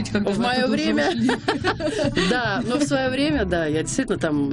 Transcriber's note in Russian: смеется